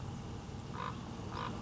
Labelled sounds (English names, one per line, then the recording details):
Common Raven
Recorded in Sonoma County, California